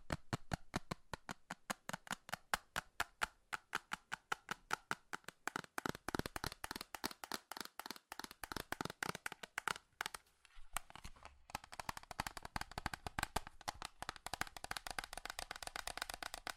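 Fast metal tapping in rapid, crisp strikes, closely spaced and fairly even for the first ten seconds. A brief pause near ten seconds follows, then the tapping resumes denser and blurrier, almost a continuous rattling clatter through the end.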